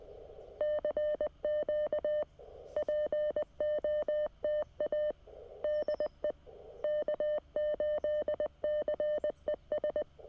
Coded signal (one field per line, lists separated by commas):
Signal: Morse code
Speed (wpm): 20 wpm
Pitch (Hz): 600 Hz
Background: none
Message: CQ POTA DE K8CES